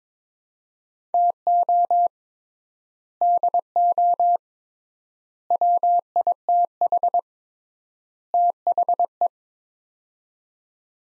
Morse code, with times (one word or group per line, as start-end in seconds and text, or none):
1.1-2.1 TO
3.2-4.4 DO
5.5-7.2 WITH
8.3-9.3 THE